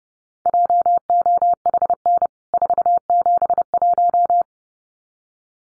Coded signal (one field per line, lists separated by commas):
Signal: Morse code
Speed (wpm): 30 wpm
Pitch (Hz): 700 Hz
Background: none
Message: JOHN 471